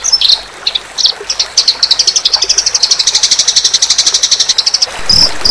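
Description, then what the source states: White-rumped shama song, mainly a fast high chirping run repeated about four times a second for several seconds, with a few scattered whistles before and after. Murai batu (white-rumped shama) singing a song filled with cricket (jangkrik) and sparrow (gereja) imitations.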